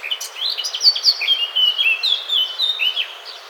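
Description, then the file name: Eurasian blackcap song: a run of loud, clear fluty whistles lasting about three seconds. "Sylvia atricapilla"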